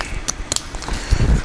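A plastic wiring harness connector is pushed into the right fog light socket during a fog light upgrade on a Mazda Protege. Sharp clicks sound at 0.3 s and 0.6 s as the connector latches and seats, followed by low rumbling handling noise.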